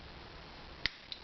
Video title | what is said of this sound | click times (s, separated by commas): DX Chogokin VF-27 Lucifer Brera Sterne - CollectionDX | snaps right in place. Keeps it nice and tight and stable, and it's not going anywhere. | 0.9 s